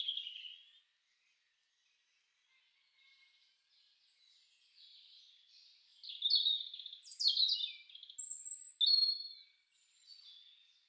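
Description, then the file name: European robin singing a varied, high, thin warble of tinkling trills and clear notes, a brief phrase at the start, then a longer rich burst after a pause. "roodborst"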